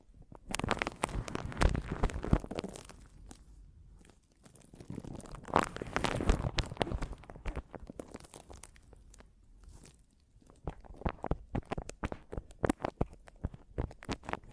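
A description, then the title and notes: Tapping and scratching on a microphone come in dense bursts of crackly, rustling friction with sharp taps mixed in. The bursts run from the start to about 4 seconds and again around 5 to 7 seconds. Quieter scraping follows, then rapid distinct taps from about 10 seconds onward. ASMR Mic Tapping and Scratching (No Talking).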